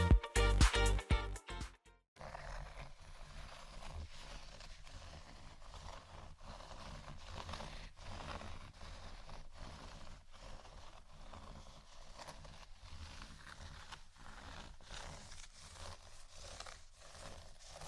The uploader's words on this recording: ASMR Scratching Only（No Talking）.